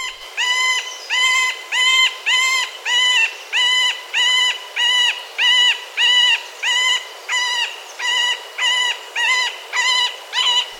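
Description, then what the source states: Middle Spotted Woodpecker calling: many nasal, harmonically rich quacking notes at an even, unhurried pace, each under half a second long. Described as a rare bird.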